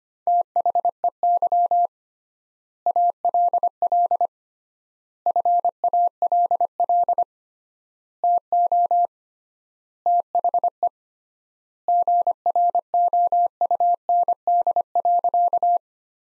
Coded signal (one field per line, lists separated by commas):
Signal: Morse code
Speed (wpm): 25 wpm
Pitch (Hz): 700 Hz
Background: none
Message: THEY ALL FALL TO THE GROUND.